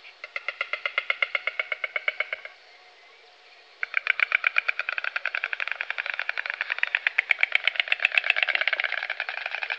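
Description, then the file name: White stork bill clatter: a short rapid rattle of clicks, a brief pause, then a longer, louder and quicker run of wooden clattering. Europe. "Golosa ptic Evropy - Aist belyj"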